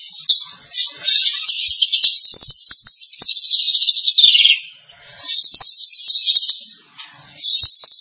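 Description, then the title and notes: Starling song in high, fast warbled phrases, each with a sweeping whistled line, separated by short pauses. "suara burung jalak"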